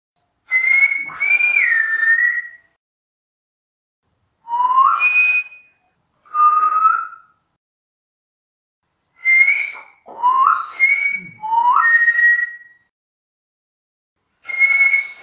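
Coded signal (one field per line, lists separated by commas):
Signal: whistled language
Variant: Silbo Gomero, French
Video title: SILBO GOMERO DEL MUNDO: FRANCÉS/IMPRESCINDIBLE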